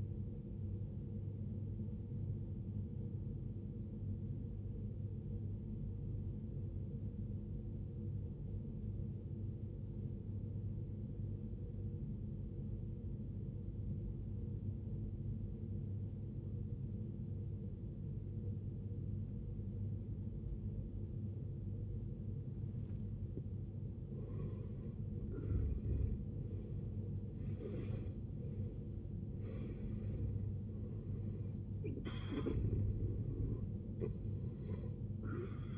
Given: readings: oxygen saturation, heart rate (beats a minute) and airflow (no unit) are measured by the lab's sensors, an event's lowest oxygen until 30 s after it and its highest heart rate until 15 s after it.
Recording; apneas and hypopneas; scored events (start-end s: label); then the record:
breathing in sleep by a smartphone at the bedside; 1
7.00-25.20 s: obstructive apnea (N1, oxygen 95% highest, then 78% lowest, heart rate 74 at the start, 76 highest)
10.00-35.78 s: new sleep stage, N2 (light sleep)
From the record:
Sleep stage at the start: N1 (lightest sleep); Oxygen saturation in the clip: 79 to 95%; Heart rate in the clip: 51 to 76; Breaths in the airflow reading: 4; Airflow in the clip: -16.9 to 17.0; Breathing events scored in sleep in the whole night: 389 in 6.3 hours asleep